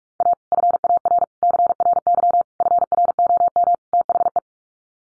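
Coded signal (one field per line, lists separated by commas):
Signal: Morse code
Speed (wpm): 44 wpm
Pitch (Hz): 700 Hz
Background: none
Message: A FAR CRY FROM THE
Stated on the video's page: Morse practice drill of common 5-word sets at 45 wpm, each sent twice around a spoken version, for head-copy.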